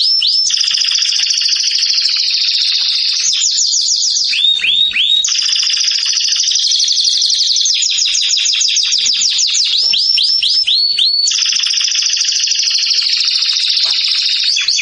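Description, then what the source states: Canary song as one unbroken stream of rapid rolling trills, high and bright, shifting between buzzy rolls and quick repeated sweeping notes. Domestic canary singing in the Persian "rasmi" song style.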